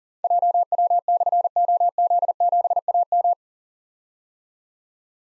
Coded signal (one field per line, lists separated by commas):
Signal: Morse code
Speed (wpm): 40 wpm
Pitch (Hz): 700 Hz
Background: none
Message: JW/OZ7AM